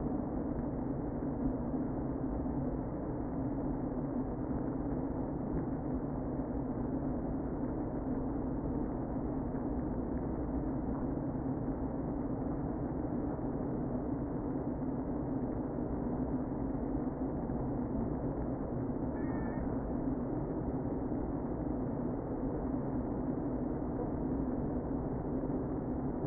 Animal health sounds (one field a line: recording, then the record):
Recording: honeybee colony, microphone inside the hive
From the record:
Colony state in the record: queen present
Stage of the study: before two queens were removed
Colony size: about 60,000 bees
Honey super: yes